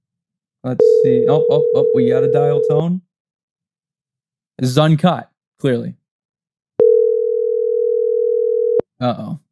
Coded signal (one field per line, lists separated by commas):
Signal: telephone call progress tone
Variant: North America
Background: speech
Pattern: ringback tone